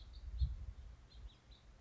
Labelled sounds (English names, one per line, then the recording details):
House Finch
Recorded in Sonoma County, California